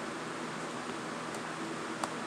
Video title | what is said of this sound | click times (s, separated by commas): How to repair a Nintendo dsi console How to fix a Nintendo dsi system | snaps in place. | 2.0 s